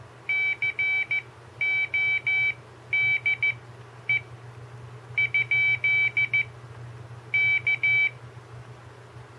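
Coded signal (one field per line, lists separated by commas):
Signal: Morse code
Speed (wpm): 14 wpm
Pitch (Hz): 2300 Hz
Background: none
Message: CODE ? K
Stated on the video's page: Morse from an experimental Arduino-based capacitive iambic touch keyer.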